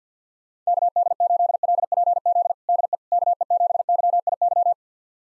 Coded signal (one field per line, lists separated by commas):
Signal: Morse code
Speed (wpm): 50 wpm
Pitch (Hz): 700 Hz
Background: none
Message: KD8LPZ DE KE7YIY